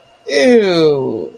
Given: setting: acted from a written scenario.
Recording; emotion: vocal sound without words; disgust